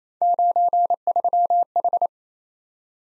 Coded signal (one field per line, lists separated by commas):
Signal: Morse code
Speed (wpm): 29 wpm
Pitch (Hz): 700 Hz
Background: none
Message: 93H